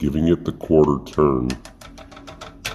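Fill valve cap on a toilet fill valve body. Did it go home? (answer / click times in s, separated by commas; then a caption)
yes / 2.7 s. A toilet fill valve cap is put back down onto the fill valve body and given a quarter turn to lock it into place while someone talks. After the talking, a run of small ticks ends in the sharpest click at 2.7 s, and the cap is locked into place.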